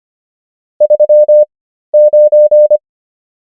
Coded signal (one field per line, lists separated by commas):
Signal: Morse code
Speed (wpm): 25 wpm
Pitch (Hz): 600 Hz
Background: none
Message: 39